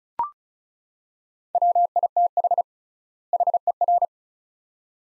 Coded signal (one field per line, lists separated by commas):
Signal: Morse code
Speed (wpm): 34 wpm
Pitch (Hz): 700 Hz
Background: none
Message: WITH HER